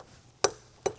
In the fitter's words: and there's the click.